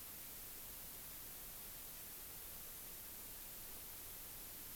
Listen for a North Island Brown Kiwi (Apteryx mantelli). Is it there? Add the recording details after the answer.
no. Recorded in New Zealand on 16 June 2014. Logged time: 03:08